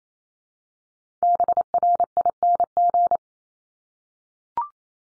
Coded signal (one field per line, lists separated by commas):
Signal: Morse code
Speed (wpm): 28 wpm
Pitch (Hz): 700 Hz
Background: none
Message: BRING